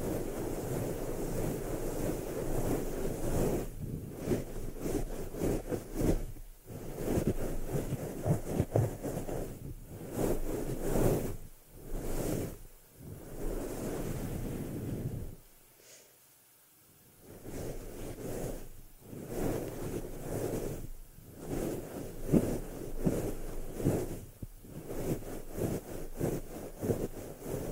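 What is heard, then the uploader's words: Dense scratching and rubbing of a scalp massage rolls on in continuous bursts, pausing briefly near the middle before resuming with rhythmic strokes. INTENSE SCALP MASSAGE - ASMR 1 HOUR OF HEAD MASSAGE.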